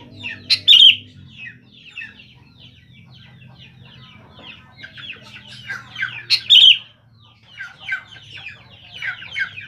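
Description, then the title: Sooty-headed bulbul song: two loud, bubbly phrases, early and at about six seconds, set among busy chattering over a low hum. "Kutilang"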